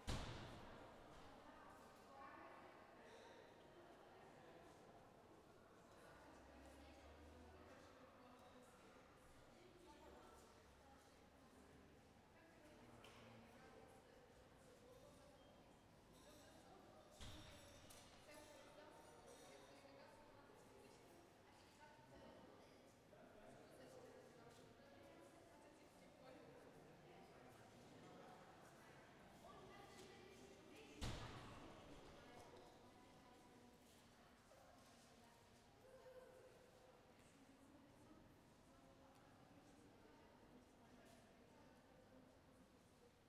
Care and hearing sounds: everyday scene through a hearing-aid microphone; reverberant space; background noise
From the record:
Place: railway station hall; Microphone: behind the ear, left, front

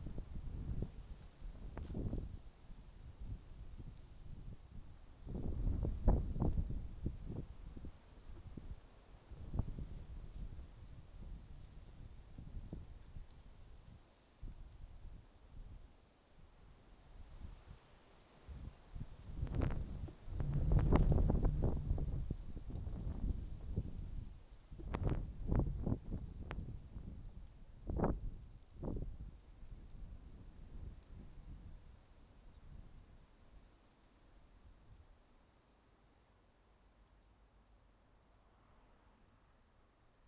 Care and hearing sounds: everyday scene through a hearing-aid microphone; wind on the microphone; wind, traffic, birds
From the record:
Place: suburban garden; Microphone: in the ear canal, right

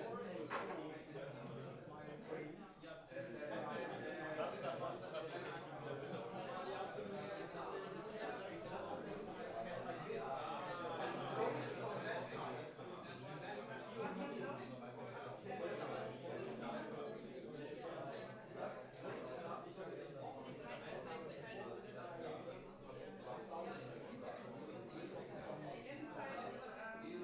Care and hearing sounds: everyday scene through a hearing-aid microphone; many people talking; many voices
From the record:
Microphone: behind the ear, left, rear

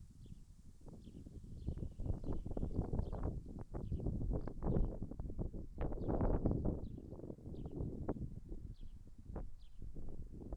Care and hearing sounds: everyday scene through a hearing-aid microphone; wind on the microphone; wind, traffic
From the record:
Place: in front of a rural house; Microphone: behind the ear, left, front

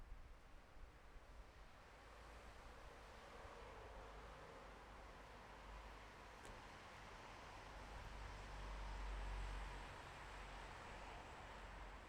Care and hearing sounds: everyday scene through a hearing-aid microphone; in traffic; traffic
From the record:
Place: bus stop on a city main road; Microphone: behind the ear, left, front

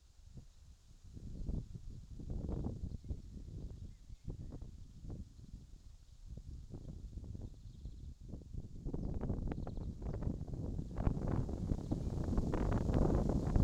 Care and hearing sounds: everyday scene through a hearing-aid microphone; wind on the microphone; wind, traffic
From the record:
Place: in front of a rural house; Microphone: in the ear canal, left

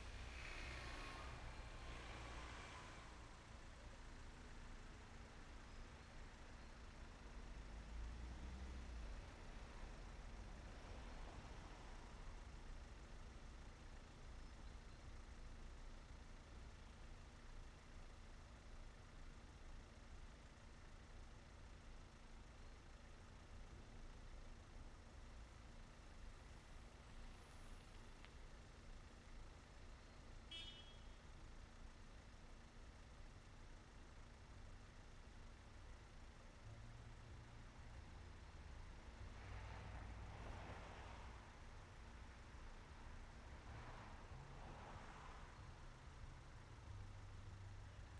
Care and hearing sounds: everyday scene through a hearing-aid microphone; in traffic; traffic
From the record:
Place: main road on the outskirts, rush hour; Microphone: behind the ear, right, front

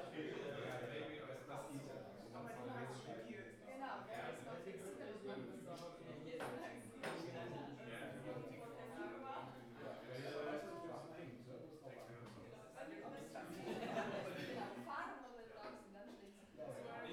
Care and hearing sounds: everyday scene through a hearing-aid microphone; many people talking; many voices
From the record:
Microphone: behind the ear, right, rear

